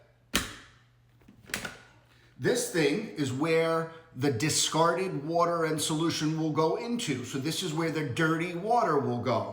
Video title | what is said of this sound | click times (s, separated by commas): Watch What Happens When I Use This Dirt Devil On Dog Stains! | And then you're putting it right back in the machine. And again, you'll hear it click. | 0.4 s, 1.5 s